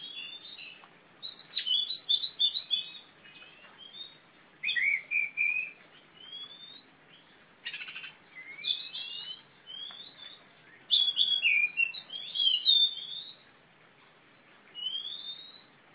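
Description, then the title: Oriental magpie-robin pouring out short, fast phrases of whistles, trills and chirps, separated by brief silences, with a clear whistle near the close. Female competition bird of the poci type, black, a national first-place champion from East Java, described as a fighting bird that sings constantly (gacor). "Kacer Juara 1 Nasional gacor kacer juara nasional jawa timur kacer tarung betina poci gacor hitam"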